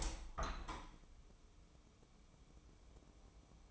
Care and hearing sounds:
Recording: daily activity, microphone in the room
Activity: open window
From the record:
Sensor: 1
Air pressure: 1015.0 hPa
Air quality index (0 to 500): 28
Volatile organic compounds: 1 ppm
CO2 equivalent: 524 ppm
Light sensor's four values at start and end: 10/25/10/11 and 11/26/10/11

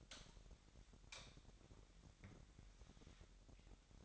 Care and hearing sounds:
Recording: daily activity, microphone in the room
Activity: light on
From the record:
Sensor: 3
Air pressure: 1011.9 hPa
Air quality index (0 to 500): 235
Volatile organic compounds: 5 ppm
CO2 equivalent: 1746 ppm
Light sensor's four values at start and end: 13/30/12/12 and 15/37/15/15

